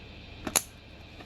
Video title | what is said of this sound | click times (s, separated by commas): Installing I5 11400 into Asus Prime H510m motherboard, installation, LGA 1200 CPU | You heard that snap? That's what you want to hear. | 0.6 s